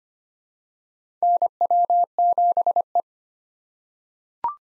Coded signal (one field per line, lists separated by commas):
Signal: Morse code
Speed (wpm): 25 wpm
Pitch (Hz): 700 Hz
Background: none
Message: NW7E